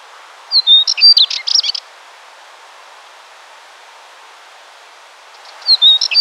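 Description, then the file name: Spectacled warbler song: a thin whistled lead-in followed by a fast, scratchy, jumbled warble, given twice with a long pause between phrases, over faint background hiss. "Curruca Tomillera"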